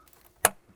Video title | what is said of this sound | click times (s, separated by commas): BMW X3 Drive Belt & Tensioner Replacement DIY (2018-2024 BMW G01 X3, G02 X4, M40i, B58TU Engine) | There we go, nice firm click. | 0.5 s